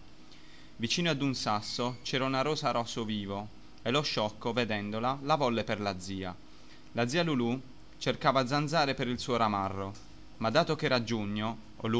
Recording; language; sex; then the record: read passage; Italian; male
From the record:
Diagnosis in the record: healthy control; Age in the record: 21 years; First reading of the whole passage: 44 s, 11.7 characters per second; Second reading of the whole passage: 44 s, 11.8 characters per second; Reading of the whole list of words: 49 s, 5.8 characters per second